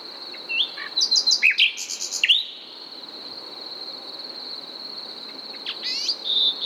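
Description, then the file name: Common nightingale singing rapid pulsed notes and whistles in a two-second burst, a pause, then a brief closing phrase, with a constant high-pitched drone behind. "Luscinia megarhynchos"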